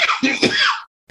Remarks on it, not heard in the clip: This is like the first time my dad's coughed in a while. My now infrequent cough.